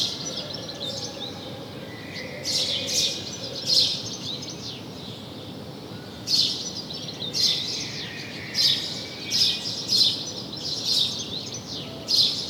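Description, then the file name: House sparrow chirping, a string of sharp, clipped notes over constant background hiss. "Passer domesticus"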